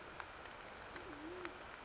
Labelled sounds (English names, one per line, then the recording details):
Band-tailed Pigeon
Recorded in Sonoma County, California